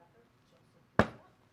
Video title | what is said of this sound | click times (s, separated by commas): Chat, Chill, N' Build Stream - Prusa CORE One build! !merch (Part 1/2) | There we go. You will hear it pop. | 1.0 s